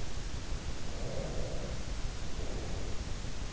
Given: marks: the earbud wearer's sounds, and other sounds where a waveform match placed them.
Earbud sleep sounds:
sounds in sleep by an in-ear microphone; breath
0.86-3.14 s: breath

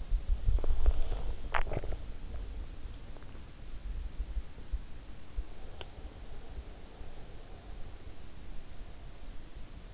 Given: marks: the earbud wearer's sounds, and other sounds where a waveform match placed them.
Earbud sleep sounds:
sounds in sleep by an in-ear microphone; swallowing, teeth grinding
0.00-2.81 s: swallowing
5.67-5.99 s: teeth grinding

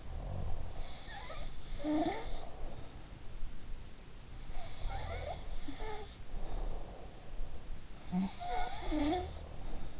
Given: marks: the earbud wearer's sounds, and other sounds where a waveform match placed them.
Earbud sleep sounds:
sounds in sleep by an in-ear microphone; snoring breath
0.00-0.77 s: snoring breath
0.78-3.22 s: sound from someone else or the room
4.38-7.19 s: sound from someone else or the room
7.97-9.99 s: sound from someone else or the room

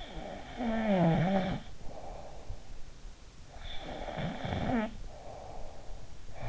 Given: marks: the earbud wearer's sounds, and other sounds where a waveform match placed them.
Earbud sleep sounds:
sounds in sleep by an in-ear microphone; snoring breath
0.14-2.80 s: snoring breath
3.49-5.94 s: snoring breath

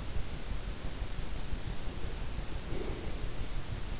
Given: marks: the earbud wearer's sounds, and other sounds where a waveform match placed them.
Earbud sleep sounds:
sounds in sleep by an in-ear microphone; breath
2.61-3.38 s: breath

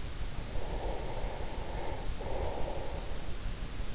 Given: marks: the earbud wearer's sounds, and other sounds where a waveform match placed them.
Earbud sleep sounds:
sounds in sleep by an in-ear microphone; breath
0.04-3.87 s: breath

